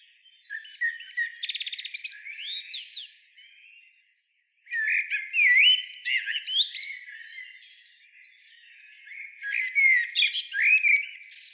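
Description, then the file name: Common blackbird song phrases with fluty warbles and shrill high twitters, one brief silence near the middle, then two more vigorous bursts. "Turdus merula"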